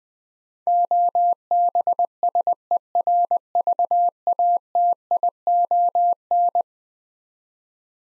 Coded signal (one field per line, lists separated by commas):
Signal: Morse code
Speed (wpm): 21 wpm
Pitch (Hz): 700 Hz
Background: none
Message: OBSERVATION